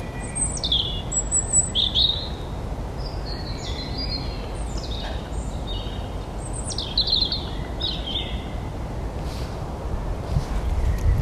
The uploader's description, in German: Eine Stunde Spaziergang im Wald mit Hund. Viele Vögel, ein paar andere Spaziergänger*innen, keine anderen Hunde.